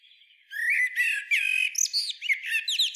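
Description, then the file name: Eurasian blackbird song: after half a second of quiet, a fluty warble, then a run of high squeaky twitters and thin rising whistles. "Turdus merula"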